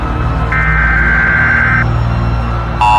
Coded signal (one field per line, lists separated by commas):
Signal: Emergency Alert System (SAME) tones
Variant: header bursts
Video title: EAS Scenario/Analog & Digital Horror - Cordis Die